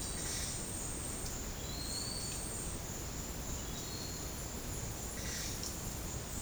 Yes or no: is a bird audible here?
yes